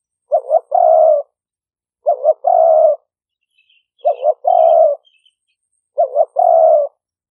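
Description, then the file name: Spotted dove giving a short double note followed by a longer drawn coo, the phrase repeated about every two seconds; a few faint high chirps of another bird in between. Call style named '5 hậu' in Vietnamese. "tieng-cu-gay-5-hau"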